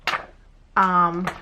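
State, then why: Seated. A magnetic clip snaps onto a metal supply tray, latching on with a sharp click at 0.1 s. Afterward someone talks. The clip is seated on the tray.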